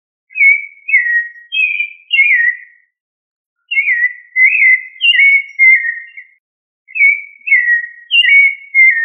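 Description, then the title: Thrush song: three similar phrases of mellow, sliding whistled notes, separated by brief silences. "Familia Turdidae - Sabia"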